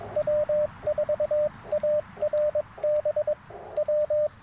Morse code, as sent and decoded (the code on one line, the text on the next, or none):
.-- ....- .- .-. -... / .--
W4ARB W